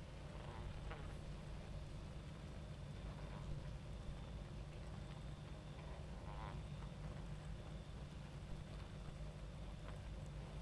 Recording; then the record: honeybee colony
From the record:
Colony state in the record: active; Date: 28 July 2017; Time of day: 22:35